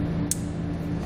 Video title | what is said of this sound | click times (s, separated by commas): etrailer - Curt T-Connector Vehicle Wiring Harness Installation - 2019 Chevrolet Traverse C56394 | to hear a little audible click to know it locks in we'll give it a quick tug test make sure it's not going to come undone | 0.3 s